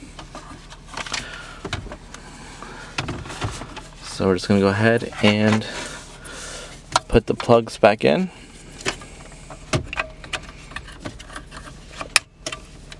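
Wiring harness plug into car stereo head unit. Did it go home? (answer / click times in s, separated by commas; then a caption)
yes / 12.2 s. Wiring harness plugs are pushed back into the back of a replacement car stereo head unit for a 2006 to 2009 Ford Fusion while someone talks. Small plastic knocks and rustles follow, and one plug clicks into the radio at 12.2 seconds, seated.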